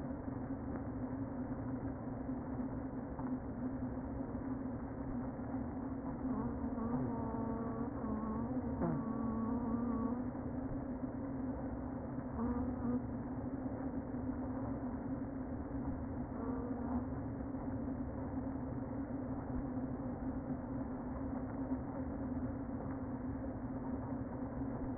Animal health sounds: honeybee colony, microphone inside the hive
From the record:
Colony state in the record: queen present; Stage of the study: before two queens were removed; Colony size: about 60,000 bees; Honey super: yes

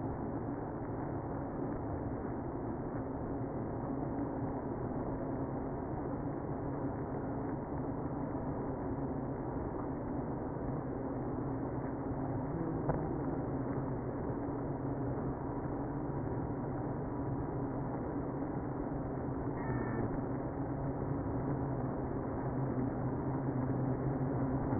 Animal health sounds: honeybee colony, microphone inside the hive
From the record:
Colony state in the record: queenless (queen removed); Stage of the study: after two queens were removed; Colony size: about 60,000 bees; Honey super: yes

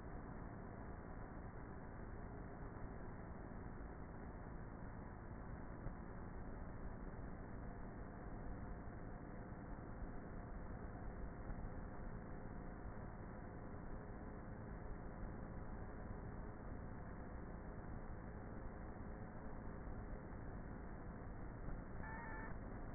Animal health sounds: honeybee colony, microphone inside the hive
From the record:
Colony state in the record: queenless with a low population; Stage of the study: before two queens were removed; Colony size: about 30,000 bees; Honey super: no

